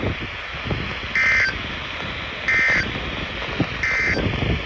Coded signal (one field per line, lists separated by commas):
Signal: Emergency Alert System (SAME) tones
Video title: Virginia Beach Vacay - Alerts from 9/6/25 | EAS #1543 - 1546